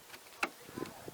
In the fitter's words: it's going to push in, you're going to hear a click and you know it's installed. Oh,